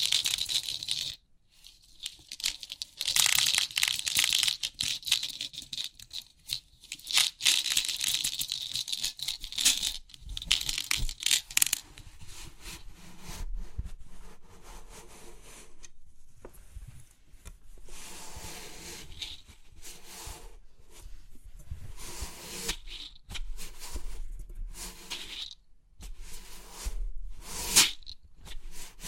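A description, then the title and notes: Crisp pin art tingles: dense bursts of bright clicking and rattling scrapes, pausing briefly, strongest early and returning in sharp spurts later. Crisp 3D Pin Art Tingles(No Talking).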